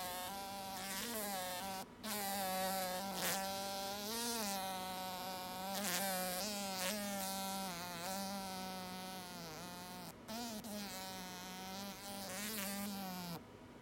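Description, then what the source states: Fly buzzing continuously, a droning hum whose pitch wavers and swoops up and down, with a few brief breaks in the sound. Trapped fly.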